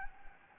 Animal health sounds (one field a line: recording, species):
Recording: mosquito wingbeat signal from an infrared sensor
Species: Anopheles gambiae